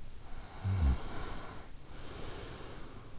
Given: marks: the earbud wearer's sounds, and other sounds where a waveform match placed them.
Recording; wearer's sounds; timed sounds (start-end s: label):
sounds in sleep by an in-ear microphone; snoring breath
0.44-3.11 s: snoring breath